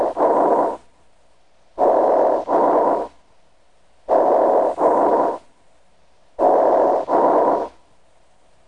Breath sounds are heard over an area of severe fibrosis. Because the bronchi are patent, the sounds have a hollow or tubular quality. They are audible throughout inspiration and expiration. These bronchial breath sounds are high-pitched and are heard equally well with either the diaphragm or bell of the stethoscope. Bronchial breath sounds heard over a fibrotic area sound like this.